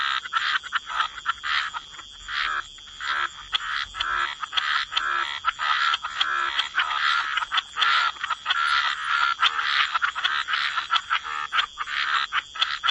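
Busy frog chorus, rapid clicking croaks and buzzy calls overlapping steadily for the whole stretch.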